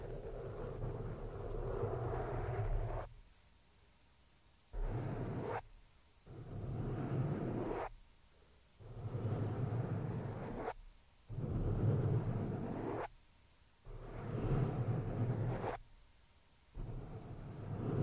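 Scratching on a microphone comes in repeated bursts of dense, rough rubbing with a heavy low rumble, each lasting one to two seconds. Short silent gaps separate them fairly regularly, about every two to three seconds, with a longer opening stretch. No voices.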